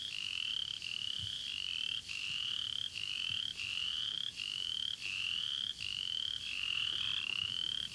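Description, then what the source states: Upland chorus frog giving a steady series of short rising trills, clear against a quiet background. In Florida found only along the Apalachicola River, exclusively in bottomland habitats; call resembles the southern chorus frog's but is much more rapid.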